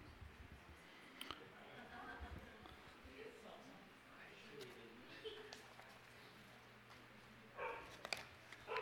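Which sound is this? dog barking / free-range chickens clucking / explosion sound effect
dog barking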